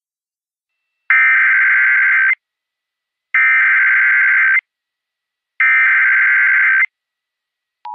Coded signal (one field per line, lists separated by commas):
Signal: Emergency Alert System (SAME) tones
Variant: header bursts